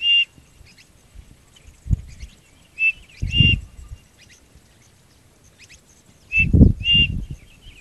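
Bird call notes, brief high whistles in loose pairs, mixed with low thumping and rumbling noises.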